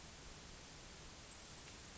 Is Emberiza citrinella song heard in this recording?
no